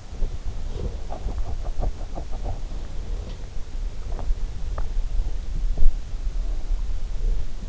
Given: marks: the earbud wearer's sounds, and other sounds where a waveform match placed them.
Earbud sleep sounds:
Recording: sounds in sleep by an in-ear microphone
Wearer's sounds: teeth grinding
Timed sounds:
0.00-2.96 s: teeth grinding
3.80-6.03 s: teeth grinding

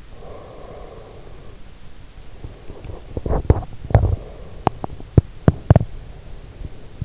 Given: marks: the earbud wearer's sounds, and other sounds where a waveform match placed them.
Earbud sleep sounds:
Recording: sounds in sleep by an in-ear microphone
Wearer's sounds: breath, teeth grinding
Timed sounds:
0.00-2.63 s: breath
2.86-6.17 s: teeth grinding

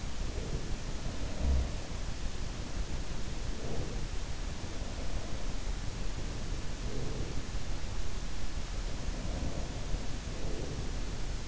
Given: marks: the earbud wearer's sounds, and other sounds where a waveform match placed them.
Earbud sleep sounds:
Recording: sounds in sleep by an in-ear microphone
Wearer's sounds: breath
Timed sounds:
0.00-1.93 s: breath
0.93-1.93 s: sound from someone else or the room
2.71-4.60 s: breath
5.45-8.04 s: breath
9.05-11.48 s: breath

